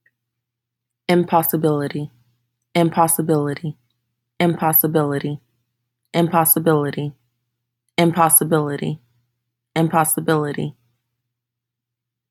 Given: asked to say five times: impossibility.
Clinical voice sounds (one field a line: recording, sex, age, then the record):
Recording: repeated word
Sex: female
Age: 30 to 39 years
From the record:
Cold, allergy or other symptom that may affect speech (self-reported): no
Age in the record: 34 years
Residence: Nevada, United States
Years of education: 18